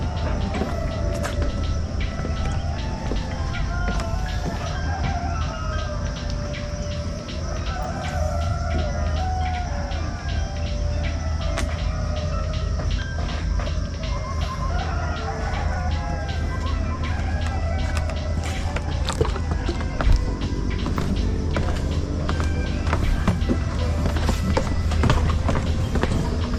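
A walk through hillside woodland at sunrise, with a steady low hum underneath and scattered voices. Frequent short clicks and taps, like footsteps or gear, come and go throughout, and faint chirps, possibly birds, sound in the middle range.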